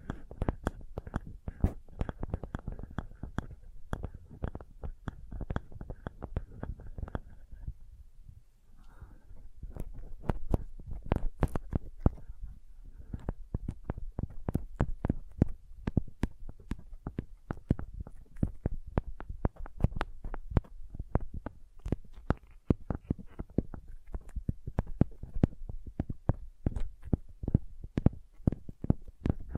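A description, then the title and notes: Sensitive tapping in quick, dense bursts of sharp clicks over a low thump, with a brief lull around eight seconds before resuming. ASMR Sensitive Tapping (No Talking).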